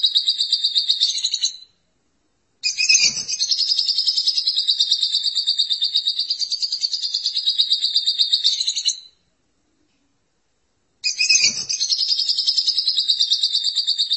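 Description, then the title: Lovebird chattering song: long sustained bursts of shrill, rapid twittering broken by two short silences. "Suara Burung Lovebird"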